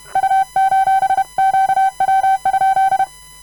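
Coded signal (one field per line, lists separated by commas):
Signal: Morse code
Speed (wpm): 31 wpm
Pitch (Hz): 770 Hz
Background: none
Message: U:QW?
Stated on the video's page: Random Morse of all characters, numbers and punctuation sent by hand using both right and left hand at a comfortable speed.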